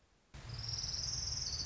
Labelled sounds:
Orange-crowned Warbler (Leiothlypis celata)

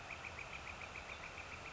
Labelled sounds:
Northern Flicker (Colaptes auratus)

